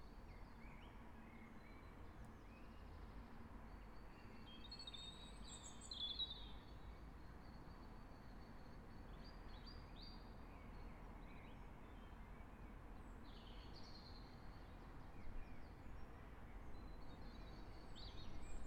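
Birds sing over the low hum of daytime traffic in a park. The hum is steady and dense throughout, while short, thin chirps and trills come and go above it, clustering around six seconds and again from about thirteen seconds on.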